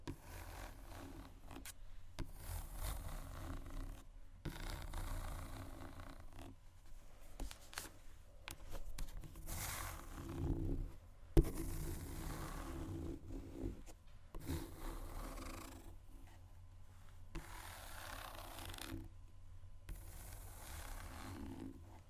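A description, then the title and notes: Shoes scratch and scuff repeatedly across a hard surface, each stroke a dry rasp lasting about a second with brief silent gaps between. The scraping is irregular but continuous over the whole stretch, with one sharp tap standing out around eleven seconds. ASMR Shoes Scratching & Tapping（No Talking）.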